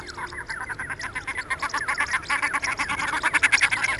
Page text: Marco Dragonetti - Пеганка (Tadorna tadorna)